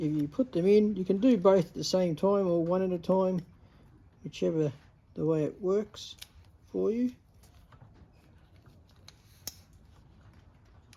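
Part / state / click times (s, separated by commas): solar panel cable connector into its mating connector / seated / 9.5 s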